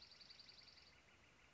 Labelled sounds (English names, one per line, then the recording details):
Northern Flicker
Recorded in Sonoma County, California